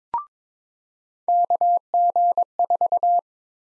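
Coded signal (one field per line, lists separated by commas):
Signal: Morse code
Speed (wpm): 22 wpm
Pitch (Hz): 700 Hz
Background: none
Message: KG4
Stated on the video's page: Practice drill of USA call sign prefixes at 22 wpm, each prefix sent twice in Morse.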